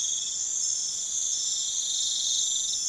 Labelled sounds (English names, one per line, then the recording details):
none
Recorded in pastures near Puerto Asís, Putumayo, Colombia, on 4 March 2025 at 02:30
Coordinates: 0.487, -76.322
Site G077